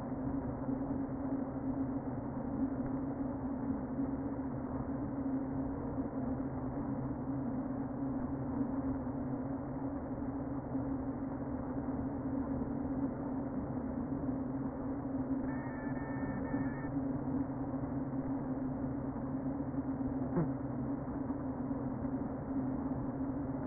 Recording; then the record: honeybee colony, microphone inside the hive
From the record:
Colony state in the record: queen present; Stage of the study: before two queens were removed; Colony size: about 60,000 bees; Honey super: yes